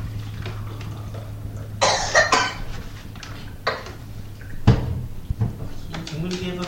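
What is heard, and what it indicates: Several short, harsh adult coughs in a small room, with quiet talk and light background noise.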